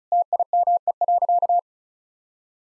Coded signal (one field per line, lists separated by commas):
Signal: Morse code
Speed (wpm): 36 wpm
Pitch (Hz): 700 Hz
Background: none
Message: TIME.